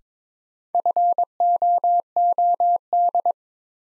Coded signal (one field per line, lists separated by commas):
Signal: Morse code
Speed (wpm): 22 wpm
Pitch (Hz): 700 Hz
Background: none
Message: FOOD